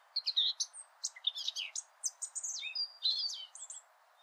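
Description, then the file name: Eurasian blackcap song, a lively stream of sharp chirps and slurred whistled notes, some sweeping downward, delivered without a break. "Sylvia atricapilla"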